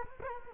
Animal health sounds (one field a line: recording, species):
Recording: mosquito wingbeat signal from an infrared sensor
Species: Culex quinquefasciatus